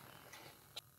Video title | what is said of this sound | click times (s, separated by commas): Installing the Worst Case of Squished Tires I’ve ever encountered 😂 | pop in like so. Here it snap like that. | 0.8 s